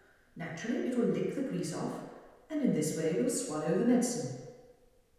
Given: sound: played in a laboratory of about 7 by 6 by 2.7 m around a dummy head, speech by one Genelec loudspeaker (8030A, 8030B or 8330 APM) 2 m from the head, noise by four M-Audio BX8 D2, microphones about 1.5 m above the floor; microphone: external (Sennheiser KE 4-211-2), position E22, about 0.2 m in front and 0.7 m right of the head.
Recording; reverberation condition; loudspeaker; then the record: female speech in English; high; 120 degrees to the left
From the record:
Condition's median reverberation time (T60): about 1300 ms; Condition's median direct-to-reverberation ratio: about -4.0 dB